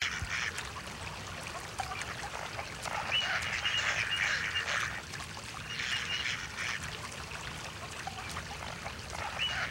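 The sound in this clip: Ducks landing on water, with continuous splashing and rushing noise.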